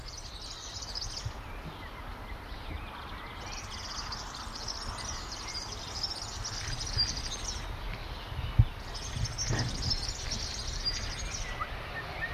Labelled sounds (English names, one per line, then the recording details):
Black Redstart song
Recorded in the wild
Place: Wachau, AT
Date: 1989-06-16 15:22
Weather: 14°C
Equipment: Sony WM-D6C, Kopie Tesla B 116
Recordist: Tembrock, Günter